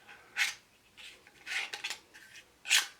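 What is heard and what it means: The detachable belt clip piece of a Morakniv Kansbol knife's plastic sheath is removed and snapped back onto the sheath, with bursts of plastic rubbing and handling noise. Sharp plastic clicks at 1.7 s and 1.9 s mark the clip locking securely into place.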